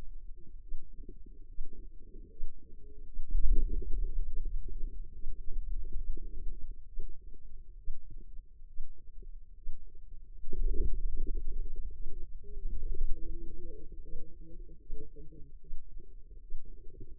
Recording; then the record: forearm muscle sounds (acoustic myography)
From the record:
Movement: hand opening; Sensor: system 2, bracelet of six BSWA MPA416 microphones around the upper forearm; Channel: 1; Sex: female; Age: 25 years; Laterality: right